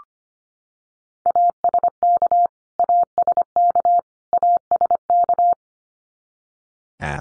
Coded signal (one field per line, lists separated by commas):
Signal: Morse code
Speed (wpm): 25 wpm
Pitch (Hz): 700 Hz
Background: none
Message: ASK ASK ASK